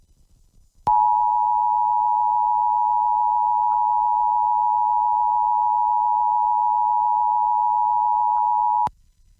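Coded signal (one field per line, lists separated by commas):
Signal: Emergency Alert System (SAME) tones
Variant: 853 and 960 Hz attention tone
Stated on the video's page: Alerts for Tropical Storm Hilary interrupting a film broadcast on a Los Angeles television station.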